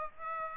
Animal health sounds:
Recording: mosquito wingbeat signal from an infrared sensor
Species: Aedes aegypti

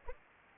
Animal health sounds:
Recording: mosquito wingbeat signal from an infrared sensor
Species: Aedes aegypti

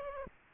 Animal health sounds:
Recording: mosquito wingbeat signal from an infrared sensor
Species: Aedes aegypti

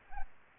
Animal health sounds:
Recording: mosquito wingbeat signal from an infrared sensor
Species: Aedes albopictus

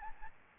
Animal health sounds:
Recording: mosquito wingbeat signal from an infrared sensor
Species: Aedes albopictus

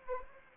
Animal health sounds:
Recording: mosquito wingbeat signal from an infrared sensor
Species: Anopheles arabiensis

